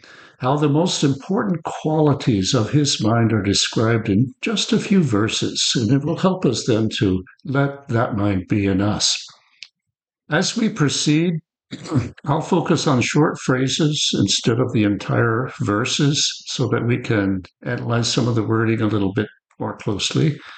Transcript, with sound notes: How the most important qualities of his mind are described in just a few verses and it will help us then to let that mind be in us. As we proceed [clears throat] I'll focus on short phrases instead of the entire verses so that we can analyze some of the wording a little bit more closely.